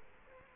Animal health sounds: mosquito wingbeat signal from an infrared sensor; Culex quinquefasciatus

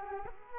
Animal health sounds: mosquito wingbeat signal from an infrared sensor; Culex quinquefasciatus

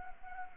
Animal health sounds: mosquito wingbeat signal from an infrared sensor; Anopheles arabiensis

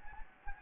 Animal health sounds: mosquito wingbeat signal from an infrared sensor; Anopheles gambiae

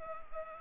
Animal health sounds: mosquito wingbeat signal from an infrared sensor; Anopheles gambiae

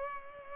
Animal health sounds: mosquito wingbeat signal from an infrared sensor; Culex pipiens

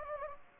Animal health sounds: mosquito wingbeat signal from an infrared sensor; Anopheles gambiae

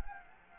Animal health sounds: mosquito wingbeat signal from an infrared sensor; Anopheles gambiae

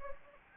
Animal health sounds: mosquito wingbeat signal from an infrared sensor; Anopheles gambiae

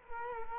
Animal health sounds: mosquito wingbeat signal from an infrared sensor; Culex quinquefasciatus

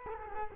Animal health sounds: mosquito wingbeat signal from an infrared sensor; Culex quinquefasciatus

